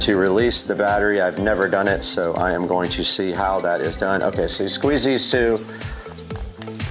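Someone talks while squeezing the two side buttons on a DeWalt 20-volt battery pack in a cordless tool, trying to release it. A few faint, short sounds follow near the end, but the battery does not come out, and nothing has released or clicked yet.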